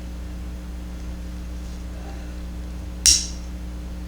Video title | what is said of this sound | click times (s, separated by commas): Buck 110 knife Bear Claw Custom Folding Knife | locks into place | 3.1 s